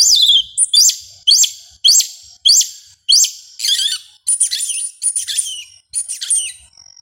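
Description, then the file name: Yellow-legged Thrush song: a steady series of high, descending squeaky phrases, followed by scratchy, buzzy twittering notes. "Canto do sabia una"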